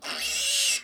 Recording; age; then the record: pig call; piglet (1 to 25 days)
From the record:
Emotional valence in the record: negative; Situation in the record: restrain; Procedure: sham castration, fixation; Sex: male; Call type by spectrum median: high-frequency call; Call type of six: mixed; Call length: 0.85 s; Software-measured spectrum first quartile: 3147 Hz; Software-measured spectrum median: 4977 Hz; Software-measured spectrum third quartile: 7138 Hz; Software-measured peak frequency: 2771 Hz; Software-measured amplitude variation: 85 dB a second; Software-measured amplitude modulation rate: 17.1 a second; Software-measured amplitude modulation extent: 5.0 dB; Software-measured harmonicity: -0.1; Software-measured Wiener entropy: -1.54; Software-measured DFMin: 720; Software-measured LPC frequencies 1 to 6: 961, 1849, 2778, 4084, 5330, 6454 Hz